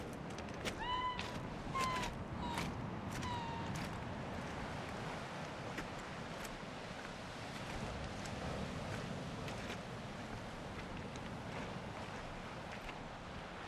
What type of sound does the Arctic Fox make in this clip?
call